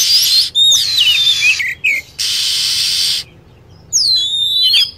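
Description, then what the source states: Lovebird squeaks: sliding whistles and short chirps, a hiss burst, then a shrill stacked call at the end. Lure recording used to attract lovebirds.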